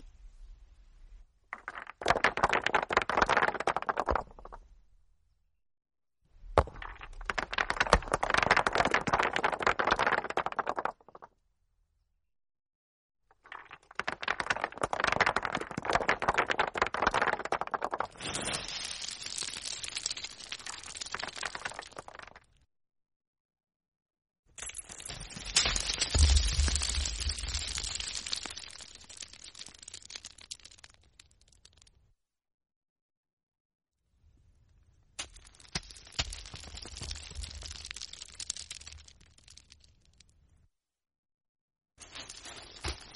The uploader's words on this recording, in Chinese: 玩石头的声音意外的好听。